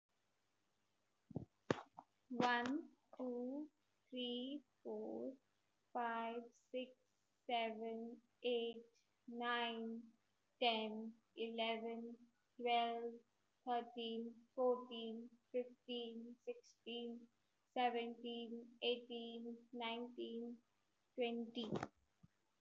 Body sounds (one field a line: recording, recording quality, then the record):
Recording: counting at a normal pace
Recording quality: excellent, no background noise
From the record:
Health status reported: healthy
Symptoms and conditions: none ticked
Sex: female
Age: 27 years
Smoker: not ticked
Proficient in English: yes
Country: India